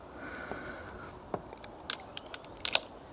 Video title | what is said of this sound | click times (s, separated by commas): The Best Camping Cot Under £50? Westtune First Look | There you go. You hear it click. | 1.9 s, 2.6 s, 2.7 s